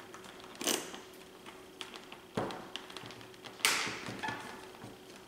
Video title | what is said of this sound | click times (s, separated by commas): External battery mod update and improvements (for Sony action cams) | snaps in place so it's a little tricky to get on there but nothing | 3.6 s